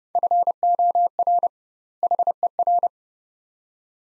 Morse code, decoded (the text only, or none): FOR HER